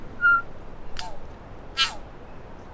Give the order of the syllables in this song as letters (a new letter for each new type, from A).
A B C